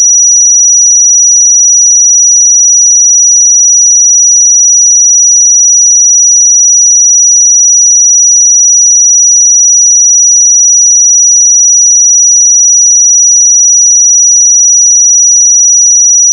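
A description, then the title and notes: A pure sine tone at 5839 Hz holds perfectly steady for the full sixteen seconds, a single thin, piercing high pitch. Its loudness never changes, with no wavering and no other sounds behind it. 5839 Hz 1 Hz Interval Sine Pure Tone Frequency 441000 Sample Mono.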